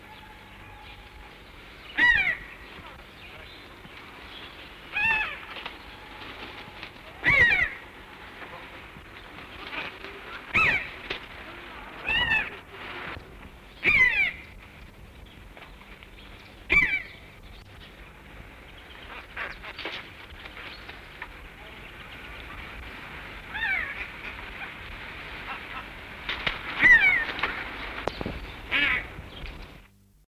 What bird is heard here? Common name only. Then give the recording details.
Common Buzzard. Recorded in captivity. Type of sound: call. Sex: group. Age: adult. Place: Vogelpark Essen, Nordrhein-Westfalen, DE. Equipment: Halbspur, 9,5 cm/s. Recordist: Lütgens, Hans. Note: Rufe